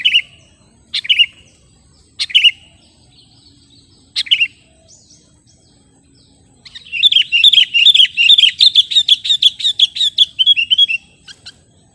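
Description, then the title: Sooty-headed bulbul: four sharp separate chirps spaced a second or two apart, then a long fast stream of chattering high notes lasting about four seconds. "kutilang"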